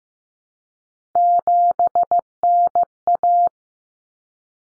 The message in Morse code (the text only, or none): 7NA